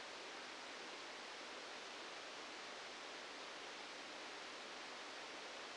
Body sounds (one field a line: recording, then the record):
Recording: brain microelectrode recording played as sound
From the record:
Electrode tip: outside the subthalamic nucleus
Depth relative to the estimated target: -8 mm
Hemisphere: left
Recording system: NeuroSet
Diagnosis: Parkinson's disease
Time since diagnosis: 13 years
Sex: male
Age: 65 years